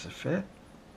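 A small cube action camera, a GoPro Hero5 Session, is handled against its aluminum protective housing while someone talks briefly. Nothing has seated or clicked into the housing yet.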